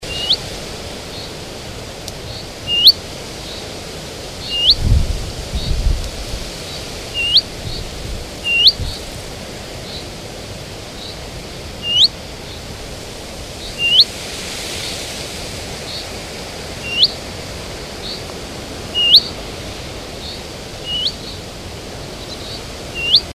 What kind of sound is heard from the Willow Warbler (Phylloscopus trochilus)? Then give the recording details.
call. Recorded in the wild. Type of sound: call. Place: Gronau, Nordrhein-Westfalen, DE. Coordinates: 52.21, 7.04. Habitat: forest. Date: 1985-06-15. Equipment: Sony WM-D6C, Big Ear. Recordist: Skiba, Reinald. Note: Alstätte